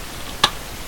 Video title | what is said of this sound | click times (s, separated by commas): power rangers dinothunder Dragostego megazord | Okay, nice click, nicely secure. | 0.4 s